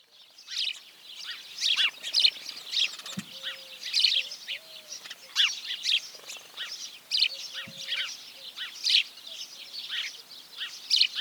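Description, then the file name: House sparrow calls: a dense run of sharp, repeated chirps in irregular bursts. "Passer domesticus"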